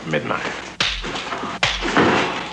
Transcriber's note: soundbite of two slaps